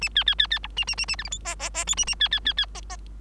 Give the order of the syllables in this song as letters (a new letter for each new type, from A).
A B B B B C A A A A D E F G G G H A A B B B B G G